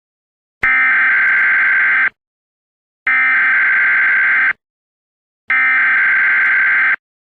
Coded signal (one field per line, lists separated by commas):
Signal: Emergency Alert System (SAME) tones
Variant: header bursts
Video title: EAS Scenario - Transportation System Attack